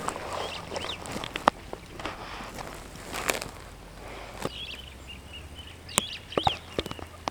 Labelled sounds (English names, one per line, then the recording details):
Superb Starling flight call
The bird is a female
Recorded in Kenya on 9 June 2010
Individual 45, of group MRC1